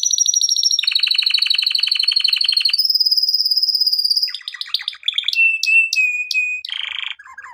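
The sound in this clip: Canary song: sustained rapid trills changing pitch step by step, a high drawn whistle, then sharp clipped notes and a lower buzzy roll.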